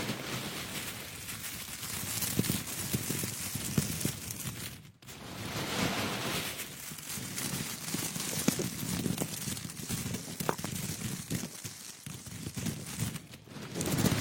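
Dry jasmine tea leaves crunch and brush in a dense, bright crackle, with brief pauses near five and twelve seconds.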